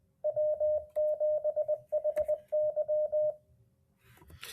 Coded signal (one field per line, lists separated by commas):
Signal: Morse code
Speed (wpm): 26 wpm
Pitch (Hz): 600 Hz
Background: radio noise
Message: W7HY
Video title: Brand New CW Trainer, Morse Runner/Ruffz Emulator